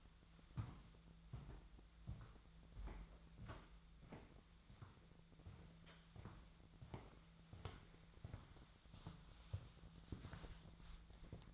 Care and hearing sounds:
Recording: daily activity, microphone in the room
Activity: walk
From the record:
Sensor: 3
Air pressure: 1008.3 hPa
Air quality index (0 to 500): 191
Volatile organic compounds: 14 ppm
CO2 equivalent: 2453 ppm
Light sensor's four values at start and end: 18/43/18/19 and 6/11/5/6

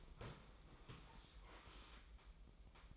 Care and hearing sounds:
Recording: daily activity, microphone in the room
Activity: sit down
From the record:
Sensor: 1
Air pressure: 1005.0 hPa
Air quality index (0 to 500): 124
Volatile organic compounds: 5 ppm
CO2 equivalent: 1731 ppm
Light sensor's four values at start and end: 11/26/10/11 and 11/27/11/12

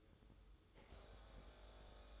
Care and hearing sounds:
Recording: daily activity, microphone in the room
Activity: make coffee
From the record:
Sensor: 3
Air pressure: 995.1 hPa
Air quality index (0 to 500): 72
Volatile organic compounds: 4 ppm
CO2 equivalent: 1650 ppm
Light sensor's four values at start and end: 18/52/22/19 and 18/52/22/19

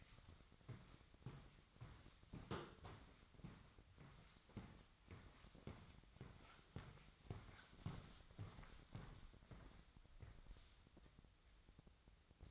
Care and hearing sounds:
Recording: daily activity, microphone in the room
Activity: walk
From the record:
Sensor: 3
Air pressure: 1001.6 hPa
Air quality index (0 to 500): 227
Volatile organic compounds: 33 ppm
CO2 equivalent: 3024 ppm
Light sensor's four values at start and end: 13/38/16/14 and 13/39/17/14

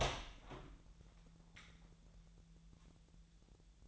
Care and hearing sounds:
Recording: daily activity, microphone in the room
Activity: open door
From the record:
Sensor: 3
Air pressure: 1001.4 hPa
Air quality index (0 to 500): 249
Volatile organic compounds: 146 ppm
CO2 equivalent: 4006 ppm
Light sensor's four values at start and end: 12/29/12/12 and 13/30/12/12

